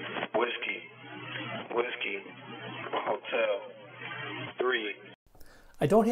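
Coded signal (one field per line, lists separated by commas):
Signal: coded military voice message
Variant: Emergency Action Message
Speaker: take a listen here here's an example of an actual message being transmitted that I picked up at my home location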